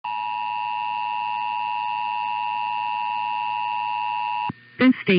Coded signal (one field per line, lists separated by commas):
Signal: Emergency Alert System (SAME) tones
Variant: 853 and 960 Hz attention tone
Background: speech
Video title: EAS #31-34 - Illinois and Hawaii Monthly Tests (1/2/24)